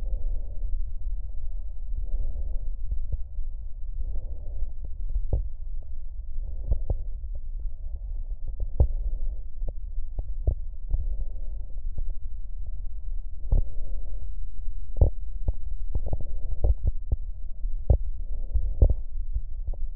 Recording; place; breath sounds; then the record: lung sounds by stethoscope; left posterior middle chest; normal breath sounds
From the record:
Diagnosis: none (healthy); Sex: male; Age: 70 years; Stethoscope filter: extended mode, 50 to 500 Hz